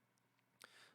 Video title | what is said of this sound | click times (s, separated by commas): Replacing the radiator on a 2007 Mercury Montego | and just like right there yep you snap it in snap it in | 0.6 s